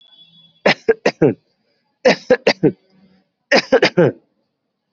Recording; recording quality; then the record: heavy voluntary cough; moderate, slight background noise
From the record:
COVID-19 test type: RT-PCR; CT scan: not taken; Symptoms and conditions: none ticked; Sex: male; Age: 29 years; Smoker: no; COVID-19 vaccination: both doses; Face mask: worn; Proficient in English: yes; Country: India